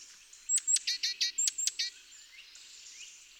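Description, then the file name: Great tit calls: a quick run of several sharp, high notes with buzzy overtones, then quiet. "Parus major"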